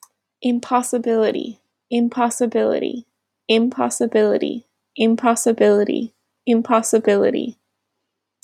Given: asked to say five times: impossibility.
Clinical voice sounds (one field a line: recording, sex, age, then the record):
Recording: repeated word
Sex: female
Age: 20 to 29 years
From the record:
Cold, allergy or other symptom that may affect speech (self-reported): no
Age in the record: 24 years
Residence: India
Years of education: 12